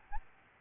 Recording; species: mosquito wingbeat signal from an infrared sensor; Aedes albopictus